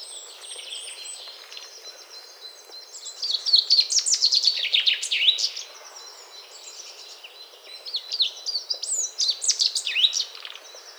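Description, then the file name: Common chaffinch singing two high, rattling phrases, with fainter bird notes before and between them. "Fringilla coelebs"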